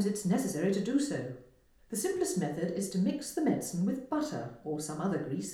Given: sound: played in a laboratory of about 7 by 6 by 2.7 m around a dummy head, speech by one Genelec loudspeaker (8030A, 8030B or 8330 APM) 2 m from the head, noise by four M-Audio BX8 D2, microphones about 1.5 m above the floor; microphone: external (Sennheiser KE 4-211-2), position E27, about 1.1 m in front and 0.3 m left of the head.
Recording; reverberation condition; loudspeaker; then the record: female speech in English; medium; 60 degrees to the left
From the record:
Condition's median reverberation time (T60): about 510 ms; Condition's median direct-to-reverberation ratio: about -0.5 dB